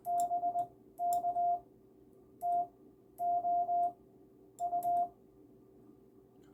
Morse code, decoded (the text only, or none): BK TO U